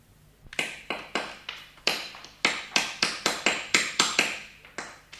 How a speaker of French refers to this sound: Elle s'approcha de la cheminée, s'agenouilla, et, levant un marteau, elle se mit à pilonner les cassures de verre que Sherlock Holmes y avait déposées.